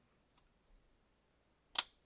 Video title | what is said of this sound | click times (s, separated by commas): How To Replace MERCEDES-BENZ S-CLASS AMG Remote Key Fob Battery - DIY Change Replacement Batteries | that and then that snaps on | 1.8 s